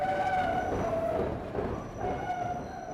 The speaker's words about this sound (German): Raus aus Chicago. Durch eine enge Straßenschlucht, über die eine Hochbahn donnert.